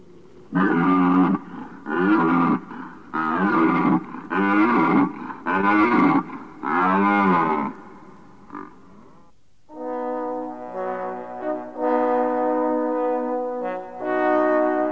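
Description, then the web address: Red deer roaring: six deep, harmonic bellows in quick series, then after a pause a longer, steadier, tonal call. "Jelen"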